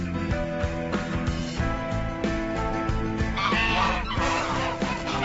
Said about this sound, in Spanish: ¿Qué les pasa a esos patos? Querían atacarme. Eso no son patos, son ocas.